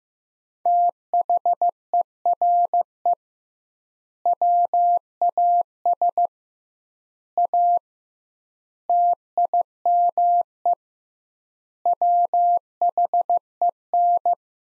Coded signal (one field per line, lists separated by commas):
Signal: Morse code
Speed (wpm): 15 wpm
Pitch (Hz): 700 Hz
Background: none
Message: THERE WAS A TIME WHEN